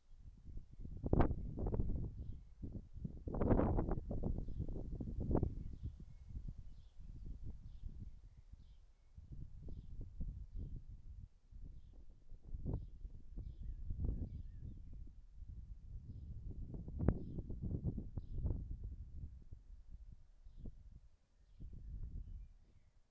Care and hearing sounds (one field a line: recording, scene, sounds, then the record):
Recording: everyday scene through a hearing-aid microphone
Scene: wind on the microphone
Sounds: wind, birds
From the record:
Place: in front of a rural house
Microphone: behind the ear, right, rear